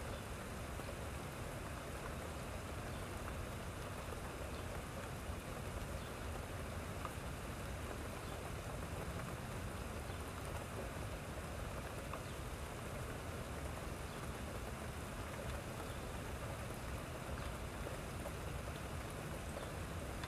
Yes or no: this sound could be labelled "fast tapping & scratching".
no